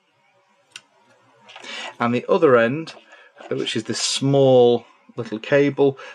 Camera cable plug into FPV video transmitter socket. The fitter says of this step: it will only go in one way and you'll hear it click when it's positively engaged and